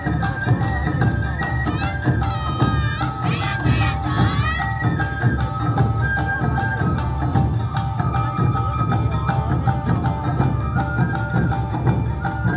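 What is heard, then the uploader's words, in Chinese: Awa Odori dance troupe performing at Songshan Ciyou Temple, with steady dense low drumming under bright ringing metallic tones and rising shrill notes around four seconds. 東京高圓寺阿波舞團來台展演。阿波舞團在台展演。台北市松山區的松山慈祐宮。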